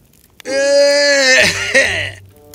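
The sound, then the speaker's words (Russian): A voice imitates a sleepy bat, hanging upside down outside prison walls, clearing its throat: a drawn-out, groaning vocal tone that dips twice in pitch near the end before cutting off, loud and alone with no talk around it. “Сонная летучая мышь, которая висела вниз головой за стенами тюрьмы, пытаясь заснуть, прочистила горло.”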